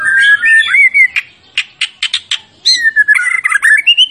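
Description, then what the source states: White-rumped shama song with smooth rich whistles, a string of short sharp clicks, then a bubbling whistled warble rising at the end. Champion bird; master recording used to train other songbirds.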